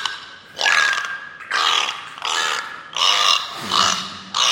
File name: zvuki belukhi